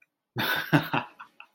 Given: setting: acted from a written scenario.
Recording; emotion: vocal sound without words; amusement